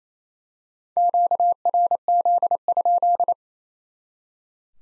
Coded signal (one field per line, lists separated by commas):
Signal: Morse code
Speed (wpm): 28 wpm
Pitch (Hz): 700 Hz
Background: none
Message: QRZ?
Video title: Top 90 QSO Elements 28wpm